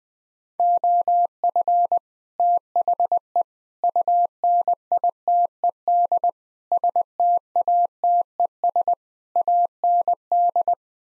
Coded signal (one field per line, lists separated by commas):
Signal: Morse code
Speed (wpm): 20 wpm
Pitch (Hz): 700 Hz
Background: none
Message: OF THE UNITED STATES AND